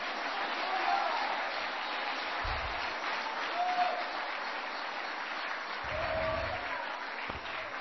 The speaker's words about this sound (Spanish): Dile palmas al Rey de Reyes.